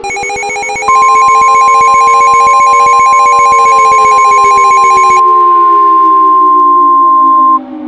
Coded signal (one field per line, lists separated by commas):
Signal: Emergency Alert System (SAME) tones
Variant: 1050 Hz attention tone